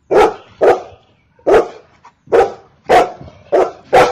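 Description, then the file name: Golden retriever barking rapidly, seven loud barks in about four seconds. "Golden retriever Dog"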